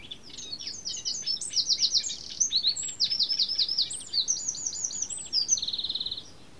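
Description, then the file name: Eurasian wren delivering a long, rapid song of high twittering notes and trills, finishing with a steady buzzing trill. "Troglodytes troglodytes"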